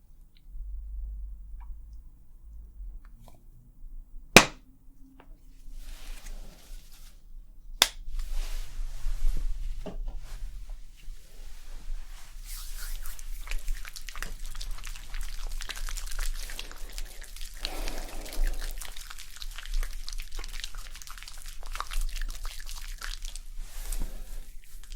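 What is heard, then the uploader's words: Hair washing and scalp massage sounds, quiet, with a low hum underneath throughout. Two sharp snapping clicks land near 4 and 8 seconds, then from about 12 seconds on a dense, bright scratching and rubbing builds and continues, like brushing or lathering through hair. ASMR Scalp Treatment + Hair Wash Roleplay Massage, Layered Sounds & Hair Brushing for Sleep.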